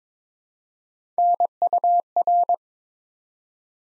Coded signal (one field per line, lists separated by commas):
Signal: Morse code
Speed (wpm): 23 wpm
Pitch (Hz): 700 Hz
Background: none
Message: NUR